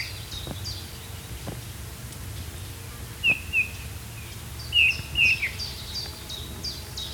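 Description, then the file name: Eurasian bullfinch soft piping whistles, a few in two short groups, with faint higher chirps of other birds and low rumbling background. "Domherre"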